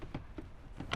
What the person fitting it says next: make sure you hear that click